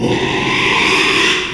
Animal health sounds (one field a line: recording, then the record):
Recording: squeal of a Yucatan mini pig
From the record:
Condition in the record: after surgery on the right vocal fold (resection and tissue-engineered implant)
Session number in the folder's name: 1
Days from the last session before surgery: 6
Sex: male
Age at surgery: 12 weeks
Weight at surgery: 13 kg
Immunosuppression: cyclosporine, prednisolone